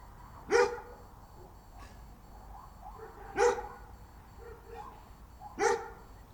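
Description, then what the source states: Dog barks, three loud single woofs about every two to three seconds, with fainter barks between them, over a steady low hum. Dog at night.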